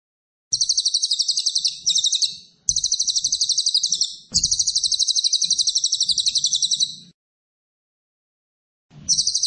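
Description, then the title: Cililin singing dense, high-pitched rattling trills in several long bursts, each made of rapid even pulses, with brief gaps and light low background noise. Lively, actively singing cililin with tight rapid-fire phrases ('tembakan rapet'), presented as a tutor recording for training magpie-robins. "Cililin AMPUH. Cililin gacor tembakan rapet cocok untuk masteran murai"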